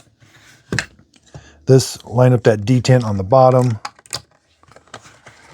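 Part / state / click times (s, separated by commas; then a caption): HEPA filter into cordless vacuum body / seated / 0.8 s. A HEPA filter is reinserted into a cordless vacuum body and rotated, clicking home at 0.8 s so it is seated. Someone talks over the handling, and a few more light taps and clicks follow near the end.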